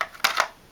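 A small Sigma cleansing brush head is snapped into the slot of its plastic storage holder, and the holder pulls up as it goes in. A sharp click at 0.3 s marks the brush head seating, framed by a faint tick at the start and another short snap at 0.4 s before the sound fades. The brush head is seated in the holder.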